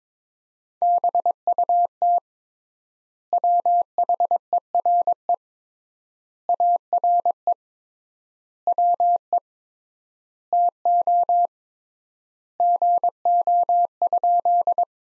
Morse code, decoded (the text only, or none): BUT WHERE ARE WE TO GO?